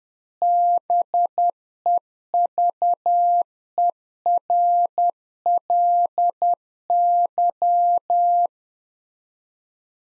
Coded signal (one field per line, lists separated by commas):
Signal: Morse code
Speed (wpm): 10 wpm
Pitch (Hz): 700 Hz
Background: none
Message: BEVERLY